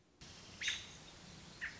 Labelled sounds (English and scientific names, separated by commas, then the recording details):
American Robin (Turdus migratorius)
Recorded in Sonoma County, California